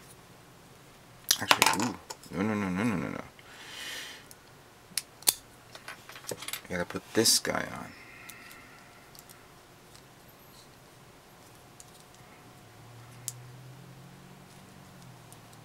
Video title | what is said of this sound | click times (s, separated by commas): *GundamModels* GN-X & GN-XIII A-Laws - Dual Build - Part 1 | Doesn't snap. Interesting. It doesn't snap in. | none